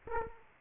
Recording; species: mosquito wingbeat signal from an infrared sensor; Aedes aegypti